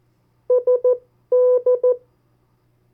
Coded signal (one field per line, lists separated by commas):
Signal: Morse code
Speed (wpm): 14 wpm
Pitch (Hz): 500 Hz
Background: none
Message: SD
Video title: 50 State Abbreviations, Variable speeds, in CW Video #1